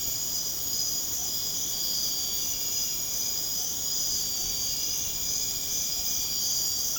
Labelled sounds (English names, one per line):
none